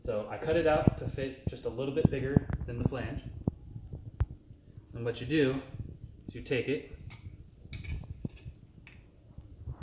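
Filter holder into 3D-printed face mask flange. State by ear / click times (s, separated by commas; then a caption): seated / 8.9 s. Someone talks while a filter, cut slightly bigger than the flange, is placed over the flange of a 3D-printed plastic face mask, and its holder is pushed into the mask. Short taps and handling knocks sound around 3.5 to 4.2 s and 7.7 to 8.3 s. The filter holder snaps into place with a click at 8.9 s and is seated.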